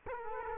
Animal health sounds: mosquito wingbeat signal from an infrared sensor; Culex quinquefasciatus

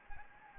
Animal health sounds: mosquito wingbeat signal from an infrared sensor; Anopheles gambiae

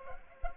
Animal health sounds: mosquito wingbeat signal from an infrared sensor; Culex pipiens

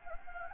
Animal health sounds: mosquito wingbeat signal from an infrared sensor; Anopheles gambiae

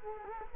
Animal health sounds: mosquito wingbeat signal from an infrared sensor; Culex quinquefasciatus

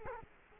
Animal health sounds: mosquito wingbeat signal from an infrared sensor; Culex quinquefasciatus

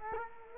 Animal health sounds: mosquito wingbeat signal from an infrared sensor; Culex quinquefasciatus

